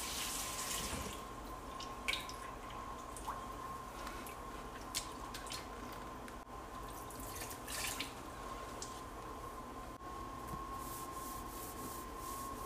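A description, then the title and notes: A large bowl is washed and dried, with soft wet rubbing and brief squeaks or splashes scattered through, clustering around 1, 2, 5 and 8 seconds. A steady high tone runs beneath the whole recording, along with a faint low hum. ASMR Washing and Drying Large Bowl.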